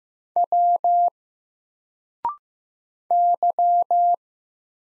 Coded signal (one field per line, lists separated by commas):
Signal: Morse code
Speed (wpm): 15 wpm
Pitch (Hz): 700 Hz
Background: none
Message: W Y